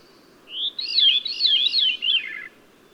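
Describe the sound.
Songbird singing one bright phrase, an upslurred whistle followed by a quick run of looping, up-and-down warbled notes lasting about two seconds.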